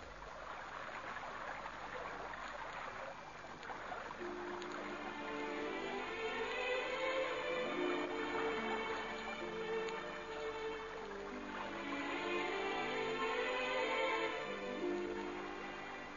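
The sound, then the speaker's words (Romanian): River water at a ford rushing and gurgling steadily over shallows, a continuous broad hiss that swells slightly in the middle and near the end, with a faint low tonal murmur underneath. “Să trec eu râul pe aici prin vad.”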